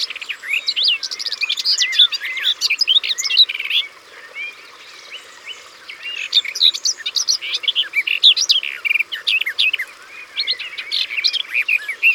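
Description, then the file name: Garden warbler song: a fast, rich warble of varied chirps and short notes, with a lull of about two seconds from around four seconds before it resumes. Sung by the water's edge. "Fauvette des jardins Au bord de leau"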